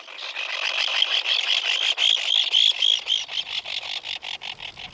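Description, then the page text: Least Auklet chatter: rapid buzzy chirps repeated in a dense, continuous stream. Tiny seabirds flocking by hundreds or thousands; dive for small crustaceans; in summer form massive breeding colonies on rocky islands of the North Pacific and Bering Sea. "Least Auklet: Seabirds in Miniature (BirdNote. Chirp Nature Center"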